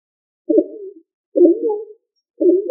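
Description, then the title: Pigeon cooing, three low throaty coos roughly one second apart, each rolling and slightly falling, with quiet gaps between. "LuckyFamilia ColumbidaePombaSama"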